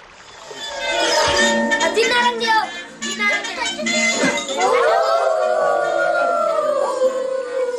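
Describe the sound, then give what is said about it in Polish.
Several Tibetan children in Nepal, watching a film at a traveling cinema, howl together in long, wavering, sliding tones, imitating a cartoon dog's howl along to its melody. The howls rise and fall loudly, overlapping with some brief chatter and clinking in the background. “one słuchają melodii, słuchają Reksia i wyją tak jak Reksio”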